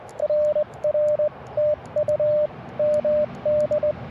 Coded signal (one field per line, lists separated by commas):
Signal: Morse code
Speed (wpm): 22 wpm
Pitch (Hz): 590 Hz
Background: radio noise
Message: RR TU MD